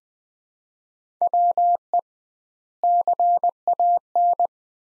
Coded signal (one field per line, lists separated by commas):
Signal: Morse code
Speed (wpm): 20 wpm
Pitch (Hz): 700 Hz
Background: none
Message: WE CAN